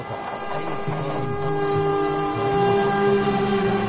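A train rumbles past while its horn sounds a steady, chord-like blare that holds for the whole stretch, loud and unbroken over the low clatter of the rails, with no voices.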